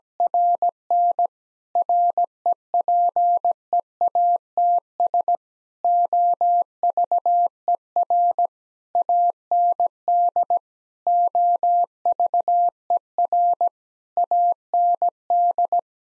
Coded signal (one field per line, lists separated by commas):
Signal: Morse code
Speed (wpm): 17 wpm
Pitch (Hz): 700 Hz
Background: none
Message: RN REPEATS OVER AND OVER AND